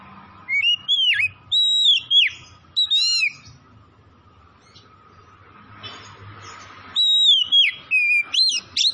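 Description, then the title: Oriental magpie-robin delivering loud, sweet whistled phrases with falling slurs, a quiet gap, then another energetic run of varied whistles. Tretes, singing vigorously (gacor). "Kacer Tretes"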